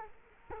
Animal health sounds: mosquito wingbeat signal from an infrared sensor; Culex quinquefasciatus

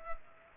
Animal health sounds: mosquito wingbeat signal from an infrared sensor; Culex pipiens

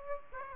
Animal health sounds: mosquito wingbeat signal from an infrared sensor; Aedes aegypti

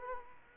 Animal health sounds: mosquito wingbeat signal from an infrared sensor; Culex quinquefasciatus

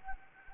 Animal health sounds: mosquito wingbeat signal from an infrared sensor; Anopheles arabiensis

